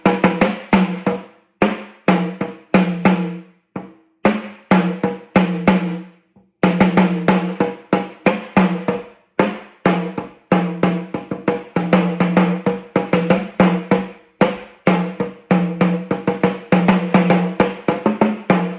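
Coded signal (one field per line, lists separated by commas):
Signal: talking drum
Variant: Yoruba sakara drum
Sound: rapid rhythmic pitched drum strokes with short decays, phrased in speech-like groups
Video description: Playing "Afomọ o le fo ibẹpẹ" with the Yoruba Orunsha Sakara talking drum by Jammal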